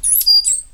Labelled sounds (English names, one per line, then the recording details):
Stitchbird song
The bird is a male
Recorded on Tiritiri Matangi Island, New Zealand, in 2005
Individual 8, of nest box 10